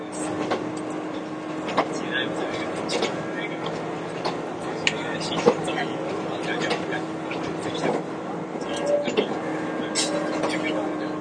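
Inside an Izukyu 2100 series train running between Atami and Ito, a steady low rumble and a constant hum carry through the whole clip. Sharp clicks and knocks from the running gear break in every second or two, and faint speech sits underneath.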